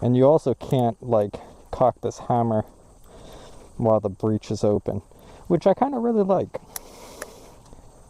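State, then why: Seated. Someone talks while handling a Magnum Research BFR revolver chambered in .500 Magnum, which holds five rounds and is now loaded with five. With the talking stopped, the loading gate is closed into the frame and gives a sharp click at 7.2 s as it locks shut.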